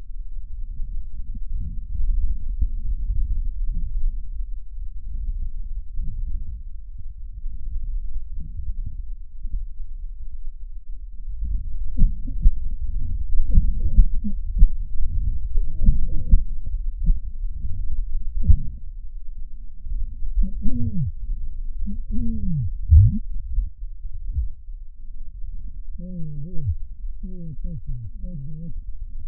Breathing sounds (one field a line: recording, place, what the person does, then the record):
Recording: lung sounds by stethoscope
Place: right posterior basal chest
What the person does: quiet breathing, then cough and speech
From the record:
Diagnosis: COPD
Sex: male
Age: 75 years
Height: 182 cm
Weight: 98 kg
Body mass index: 29.6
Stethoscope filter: bell mode